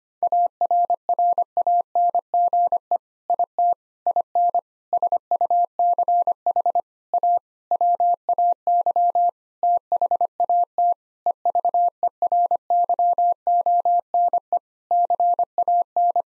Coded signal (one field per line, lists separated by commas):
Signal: Morse code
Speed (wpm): 25 wpm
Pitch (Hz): 700 Hz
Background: none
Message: ARRANGE IT IN SUCH A WAY THAT EVERYONE CAN